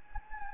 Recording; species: mosquito wingbeat signal from an infrared sensor; Anopheles gambiae